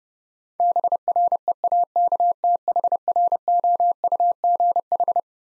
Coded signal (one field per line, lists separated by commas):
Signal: Morse code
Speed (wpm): 32 wpm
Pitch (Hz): 700 Hz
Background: none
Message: BREAKTHROUGH